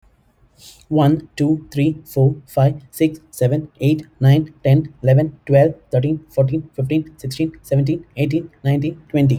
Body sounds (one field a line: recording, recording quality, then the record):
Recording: counting at a fast pace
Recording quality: excellent, no background noise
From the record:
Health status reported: respiratory illness, not identified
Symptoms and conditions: asthma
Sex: male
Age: 39 years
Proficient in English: yes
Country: India